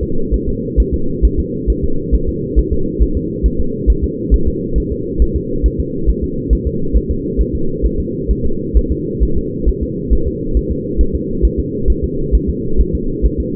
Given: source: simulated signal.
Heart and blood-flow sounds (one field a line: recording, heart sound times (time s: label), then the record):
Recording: fetal heart sounds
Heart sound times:
0.03 s: S2
0.34 s: S1
0.49 s: S2
0.80 s: S1
0.94 s: S2
1.25 s: S1
1.40 s: S2
1.70 s: S1
1.85 s: S2
2.15 s: S1
2.29 s: S2
2.59 s: S1
2.73 s: S2
3.02 s: S1
3.17 s: S2
3.46 s: S1
3.61 s: S2
3.90 s: S1
4.04 s: S2
4.34 s: S1
4.48 s: S2
4.78 s: S1
4.92 s: S2
5.22 s: S1
5.36 s: S2
5.66 s: S1
5.80 s: S2
6.10 s: S1
6.24 s: S2
6.53 s: S1
6.67 s: S2
6.97 s: S1
7.11 s: S2
7.41 s: S1
7.55 s: S2
7.86 s: S1
8.00 s: S2
8.31 s: S1
8.46 s: S2
8.77 s: S1
8.92 s: S2
9.23 s: S1
9.38 s: S2
9.69 s: S1
9.83 s: S2
10.13 s: S1
10.28 s: S2
10.57 s: S1
10.72 s: S2
11.01 s: S1
11.15 s: S2
11.45 s: S1
11.60 s: S2
11.90 s: S1
12.04 s: S2
12.35 s: S1
12.50 s: S2
12.81 s: S1
12.95 s: S2
13.26 s: S1
13.40 s: S2
From the record:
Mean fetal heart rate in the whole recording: 135 bpm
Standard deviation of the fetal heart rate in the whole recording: 3 bpm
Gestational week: 34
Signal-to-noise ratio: -8.1 dB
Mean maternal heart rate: 72 bpm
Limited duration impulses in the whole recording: absent